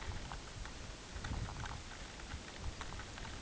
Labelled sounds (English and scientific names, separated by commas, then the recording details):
none
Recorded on Arctic tundra, site UTQI-5, on 16 June 2019
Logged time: 02:00